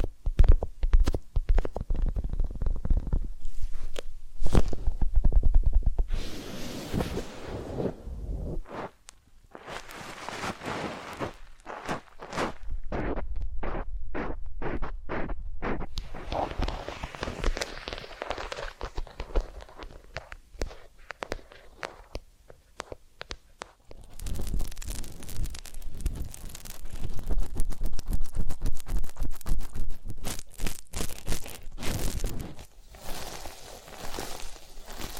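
Massage and ear-cleaning sounds: dense rubbing and crackling taps, with a sparser stretch of regular clicks mid-clip, then brighter scratching after 24 seconds.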